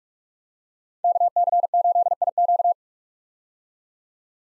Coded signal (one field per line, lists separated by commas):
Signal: Morse code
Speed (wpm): 44 wpm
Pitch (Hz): 700 Hz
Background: none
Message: KC8IQ